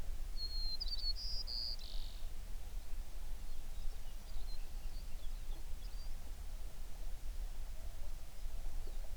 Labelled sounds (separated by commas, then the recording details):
songbird
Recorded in the Prudhoe Bay oil fields, Alaska, on 11 June 2019 at 04:56
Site 21